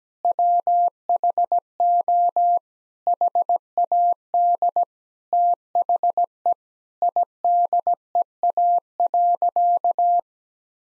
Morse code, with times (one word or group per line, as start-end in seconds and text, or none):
0.2-2.6 WHO
3.1-4.8 HAD
5.3-6.5 THE
7.0-10.2 IDEA.